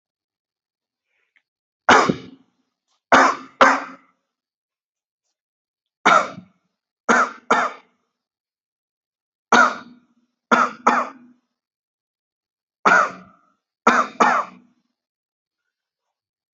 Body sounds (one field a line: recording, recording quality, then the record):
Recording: heavy voluntary cough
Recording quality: excellent, no background noise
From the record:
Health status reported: healthy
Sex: male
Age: 40 years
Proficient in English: yes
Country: India